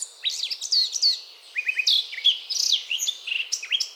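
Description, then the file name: Eurasian blackcap song, a fast varied warble of chirping, up-and-down notes. "Sylvia atricapilla"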